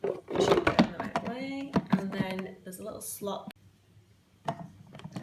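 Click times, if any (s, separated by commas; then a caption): 4.5 s. Someone talks while the plastic lid of a Panasonic MK-F800 food processor is set on the bowl with its slot lined up, then pressed down. A sharp click at 4.5 s marks the lid clipping into place, followed by a few faint light taps.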